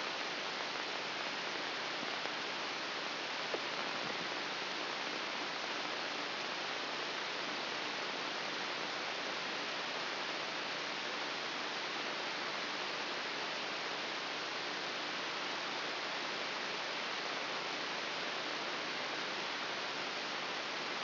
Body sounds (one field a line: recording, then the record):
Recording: brain microelectrode recording played as sound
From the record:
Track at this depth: inside the subthalamic nucleus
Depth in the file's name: 3.498 mm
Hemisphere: left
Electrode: 3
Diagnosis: Parkinson's disease